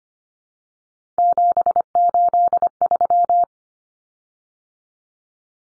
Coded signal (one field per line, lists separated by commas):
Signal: Morse code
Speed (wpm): 25 wpm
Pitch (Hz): 700 Hz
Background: none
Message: 783